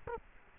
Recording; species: mosquito wingbeat signal from an infrared sensor; Culex quinquefasciatus